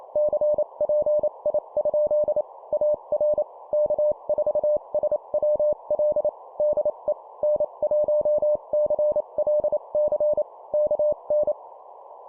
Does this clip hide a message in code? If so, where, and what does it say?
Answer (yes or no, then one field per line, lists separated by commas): yes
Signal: Morse code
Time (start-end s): 0.2-11.5 s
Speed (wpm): 28 wpm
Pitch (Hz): 600 Hz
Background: none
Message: CPI? AR K4SWL DE N1CLC KN